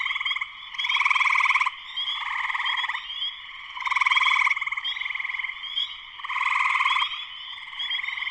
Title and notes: Spring peepers (chorus frogs) in concert. Spring peepers (chorus frogs) in full chorus shortly after sunset in the Sleeping Bear Dunes National Lakeshore in northern Michigan, USA. Recorded by Darrin Wassom. Part of the Music for Sleep project